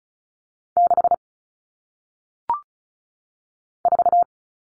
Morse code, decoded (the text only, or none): 6 4